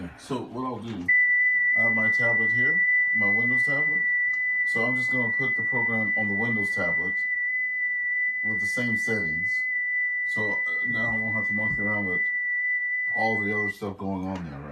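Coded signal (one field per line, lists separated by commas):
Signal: FT8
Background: speech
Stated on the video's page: FT8 and FT4 signals on a Yaesu FT-991 during a first digital-mode session.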